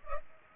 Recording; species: mosquito wingbeat signal from an infrared sensor; Culex pipiens